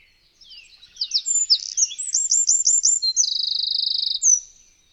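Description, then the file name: Eurasian wren song: a fast, loud, high outpouring of varied sharp notes and repeated chirps, ending in a long rapid rattling trill and a final slurred note. "Strzyzyk"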